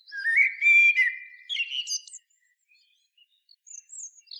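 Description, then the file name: Common blackbird gives a low, fluted whistled phrase rising into a scratchy high twitter, followed by a few faint thin notes. "Turdus merula"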